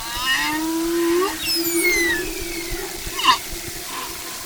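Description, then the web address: Humpback whale song: a rising low moan, a long descending whistle and short upswept cries over background hiss. "humpback whale music"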